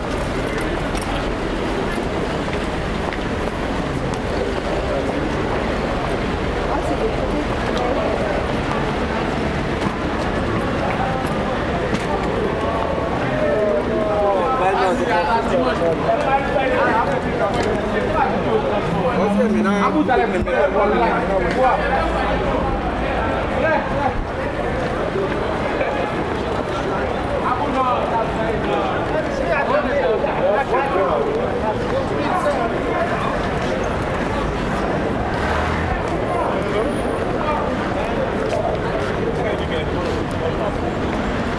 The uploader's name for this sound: Paris, Île de France, France